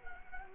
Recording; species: mosquito wingbeat signal from an infrared sensor; Culex quinquefasciatus